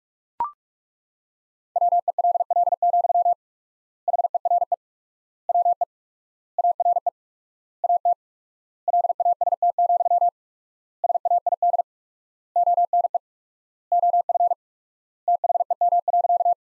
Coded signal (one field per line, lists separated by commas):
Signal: Morse code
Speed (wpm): 42 wpm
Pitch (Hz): 700 Hz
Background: none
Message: WELL, HERE WE ARE AT LAST, SAID ONE OF THEM.